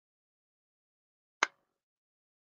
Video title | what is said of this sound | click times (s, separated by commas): Vintage Variety Sale-50s and 60s | and I'm not going to open it up but but the lock on it works fine you heard that click | 1.4 s